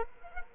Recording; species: mosquito wingbeat signal from an infrared sensor; Culex quinquefasciatus